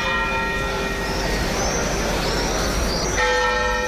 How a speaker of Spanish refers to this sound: Son las campanas volteando a duelo en la Giralda de Sevilla y así sonaban en Jaén.